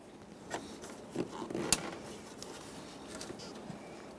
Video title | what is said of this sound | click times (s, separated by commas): How to Replace Front ABS Wheel Speed Sensors 2011-2020 Toyota Sienna | I heard an audible click there | 1.7 s